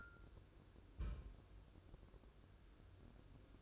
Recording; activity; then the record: daily activity, microphone in the room; place on stove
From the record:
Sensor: 2